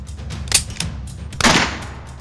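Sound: gunshot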